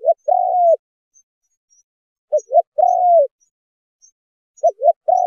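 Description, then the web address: Spotted dove coo: a brief dipping two-part note, then a drawn-out falling coo, heard three times, with quiet background. Spotted dove calling to its flock in the song style called 'giọng chuông thổ đồng'. "Tieng chim Cu gay giong chuong tho dong. tieng chim cu gay giong tho chuong dong goi bay"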